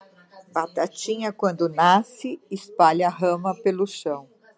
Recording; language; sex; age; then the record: short text; Brazilian Portuguese; female; 50 to 59 years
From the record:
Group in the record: control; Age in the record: 59 years